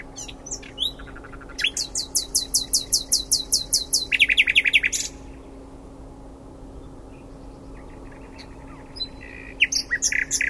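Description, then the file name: Common nightingale song: a few scattered notes, then a fast series of loud whistled notes, a dense buzzy rattle, a long pause, and a fresh burst of sharp notes. "Luscinia megarhynchos"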